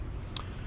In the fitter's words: one hand on the camera one hand on the tailgate system in it's just going to lock into place